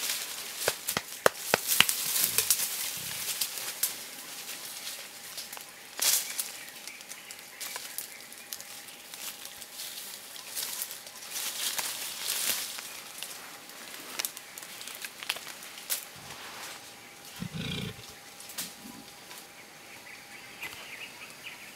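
Eastern lowland gorillas in a Congo forest, heard as scattered cracks, snaps and rustles, thickest in the first few seconds, with louder bursts around 6 and 12 seconds. A short low grunt comes near 17 seconds, over a faint steady whine.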